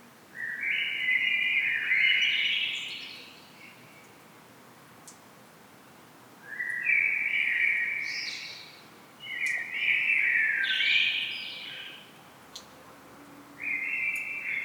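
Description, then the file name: Common blackbird singing: four separate low fluty phrases, several closing with thin squeaky twitters, spaced a few seconds apart, with soft background hiss between them. "Turdus merula"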